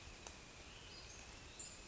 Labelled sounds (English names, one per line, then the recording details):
Western Flycatcher
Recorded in Sonoma County, California